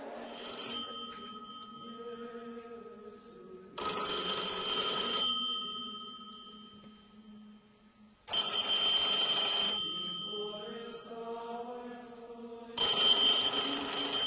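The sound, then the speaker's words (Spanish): A telephone rings in repeated bursts, bright high-pitched trilling rings separated by quieter ringing tones and short pauses, loud and alone with no talking. “Y es cómo un día le llaman por teléfono.”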